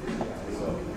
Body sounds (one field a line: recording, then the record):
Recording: background sound without coughing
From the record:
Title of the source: 60 minutes of coffee shop sounds for study and concentration